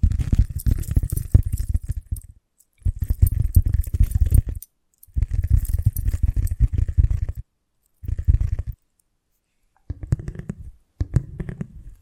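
Tapping, scratching and tracing sounds come in bursts of about two seconds, separated by short silences. Each burst is a dense, low, rumbling scrape with fine rapid ticks above it. The final two bursts are shorter and softer, with a rising, sweeping tone.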